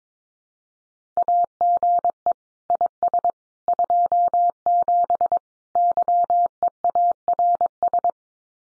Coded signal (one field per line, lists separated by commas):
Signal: Morse code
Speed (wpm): 22 wpm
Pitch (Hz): 700 Hz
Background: none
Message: AGE IS 27 YEARS